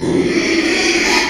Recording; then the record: squeal of a Yucatan mini pig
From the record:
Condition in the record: after surgery on the right vocal fold (resection and tissue-engineered implant); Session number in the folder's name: 2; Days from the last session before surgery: 13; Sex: male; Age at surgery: 12 weeks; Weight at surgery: 13 kg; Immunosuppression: cyclosporine, prednisolone